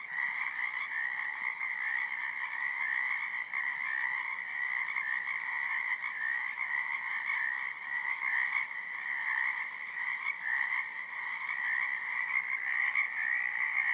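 Cricket chorus, an unbroken, even trill that stays steady throughout with no other clear sounds.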